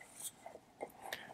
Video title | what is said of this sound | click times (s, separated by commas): MagMod Starter Flash Kit 2 - Review & Test Photos | and the next step just grab your diffuser and it uh pops right in | 1.1 s